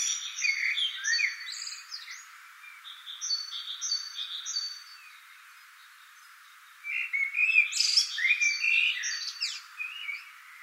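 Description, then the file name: Common blackbird giving two bursts of warbled, twittering song about six seconds apart, with high, thin notes from another bird repeated between them. "Turdus merula"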